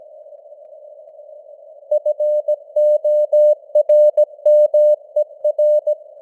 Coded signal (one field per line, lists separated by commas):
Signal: Morse code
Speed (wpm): 17 wpm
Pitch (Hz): 600 Hz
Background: none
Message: FORMER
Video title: Morse Code News | 2025-10-17 | 17wpm